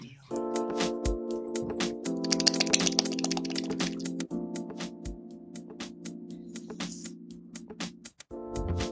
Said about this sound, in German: Tippt da die ganze Zeit.